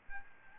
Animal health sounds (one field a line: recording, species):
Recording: mosquito wingbeat signal from an infrared sensor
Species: Aedes albopictus